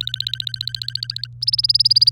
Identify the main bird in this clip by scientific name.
Serinus canaria